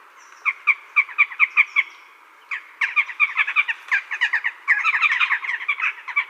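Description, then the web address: Western jackdaw calls: rapid, short, sharp 'chak' notes in quick bursts, becoming a dense overlapping chatter toward the end. "Schulze Peter Eurasian Jackdaw"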